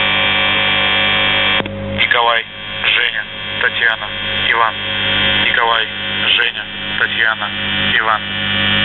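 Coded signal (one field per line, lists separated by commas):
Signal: numbers station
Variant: UVB-76, Russian voice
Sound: harsh buzzing tone cuts off, then a voice reads words and numbers over static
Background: radio static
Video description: "The Buzzer" is a Russian military radiostation that broadcasts on 4625 kHz.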